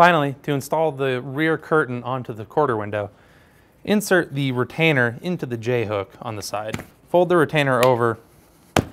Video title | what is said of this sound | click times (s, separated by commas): Trektop Glide Installation and Operation | and it will snap into place. | 8.8 s